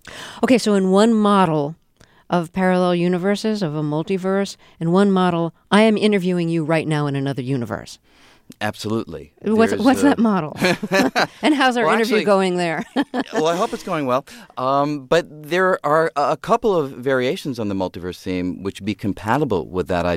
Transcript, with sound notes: Okay, so in one model of parallel universes, of a multiverse, in one model, I am interviewing you right now in another universe.
Absolutely.
What's that model? (Soundbite of laughter) And how's interview going there?
(Soundbite of laughter) Well, I hope it's going well. But there are a couple of variations on the multiverse theme, which would be compatible with that idea.